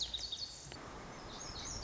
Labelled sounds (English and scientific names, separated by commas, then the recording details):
Lazuli Bunting (Passerina amoena)
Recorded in Sonoma County, California